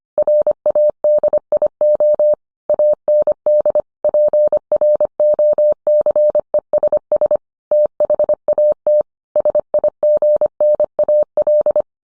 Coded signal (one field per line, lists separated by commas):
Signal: Morse code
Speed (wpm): 25 wpm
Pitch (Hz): 600 Hz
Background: none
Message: RADIO AND PROCESS THAT SIGNAL